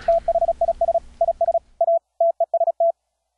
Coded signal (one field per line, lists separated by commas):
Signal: Morse code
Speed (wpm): 36 wpm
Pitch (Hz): 670 Hz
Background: none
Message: THIS IS A TEST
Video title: Morse Code QSO with Skype - software setup tutorial